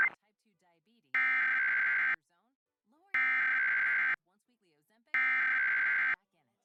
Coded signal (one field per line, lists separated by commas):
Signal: Emergency Alert System (SAME) tones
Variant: header bursts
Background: speech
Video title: WNBC National Emergency Alert System Test 8/11/2021